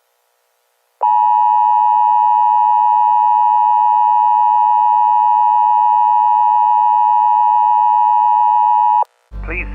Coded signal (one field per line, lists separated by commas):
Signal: Emergency Alert System (SAME) tones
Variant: 853 and 960 Hz attention tone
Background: speech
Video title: EAS CHILD ABDUCTION EMERGENCY 3/3/21